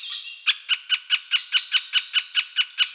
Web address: Dendrocopos medius